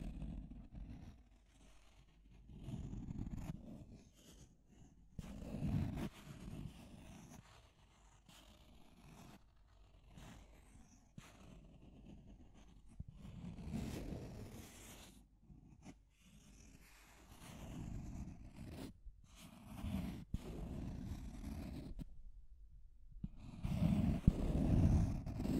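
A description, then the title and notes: Deep scratching comes in rough, rasping bursts, mostly low and heavy with a thin gritty edge above. The strokes run in uneven runs separated by short pauses around 5, 15 and 22 seconds, and the last stretch grows louder and coarser. Deep Scratching. (No Talking).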